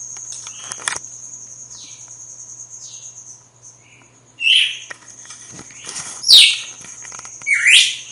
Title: Canto Galo Campina Fêmea. GALO DE CAMPINA AÇOITA FORTE NA MADRUGADA DEPOIS DA MUDA